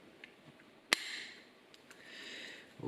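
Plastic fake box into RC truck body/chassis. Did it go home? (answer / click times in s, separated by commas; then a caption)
yes / 0.9 s. A plastic dummy box is pressed into place on a WPL B24 RC truck kit during assembly, giving a sharp snap at 0.9 s followed by a brief airy hiss, with a few faint ticks around it. The box clips in and is seated properly.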